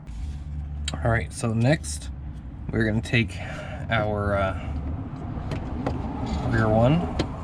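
A rear clear side marker lens housing for a 2019 MX5, an OEM JDM part, is handled at its plastic opening in the fender while someone talks over a low background hum. Two short, sharp ticks stand out near 5.5 and 5.9 seconds, but nothing has seated or clicked into place yet by the end of the clip.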